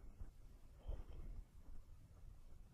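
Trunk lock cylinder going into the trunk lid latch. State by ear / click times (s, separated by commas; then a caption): not seated / none. A trunk lock cylinder is slid into the trunk lid latch and lined up with the slot in the latch, making low rumbling handling noise with a louder scraping burst around 0.9 to 1.4 seconds. The retaining clip has not yet been pushed up, and nothing has seated or clicked.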